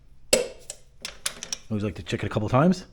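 A click-type torque wrench is pulled again on the rear sprocket nut of a 2024 Triumph Street Triple to re-check 80 lb-ft, and it gives a sharp click at 0.3 s, followed by a few fainter ticks. The click confirms the nut is at torque, then someone talks.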